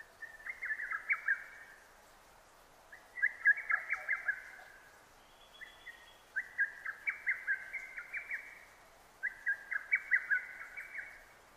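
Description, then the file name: Lesser cuckoo, loud and clear, repeating quick tumbling phrases of shrill whistled notes, separated by short pauses. Recorded 6 June 2009. "hototogisu 20090606"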